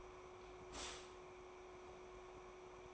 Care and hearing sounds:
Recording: daily activity, microphone in the room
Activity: stop toaster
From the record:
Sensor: 1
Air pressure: 1014.7 hPa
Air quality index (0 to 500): 196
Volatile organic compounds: 30 ppm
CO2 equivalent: 2964 ppm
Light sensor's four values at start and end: 4/9/3/3 and 4/9/3/3

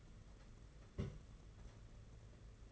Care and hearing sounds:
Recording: daily activity, microphone in the room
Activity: place on stove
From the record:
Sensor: 4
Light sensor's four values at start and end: 5/11/4/5 and 5/11/4/5

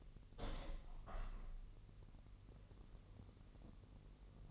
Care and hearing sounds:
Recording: daily activity, microphone in the room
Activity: open window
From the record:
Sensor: 4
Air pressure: 1001.1 hPa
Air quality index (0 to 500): 246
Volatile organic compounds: 43 ppm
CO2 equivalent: 3198 ppm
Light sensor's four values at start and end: 9/19/8/7 and 9/20/8/7

